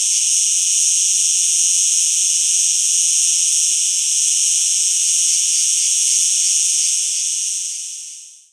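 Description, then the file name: Cicada song, a loud continuous high-pitched hiss with a faint pulsing, fading away over the last second. "Insectes- Cigales"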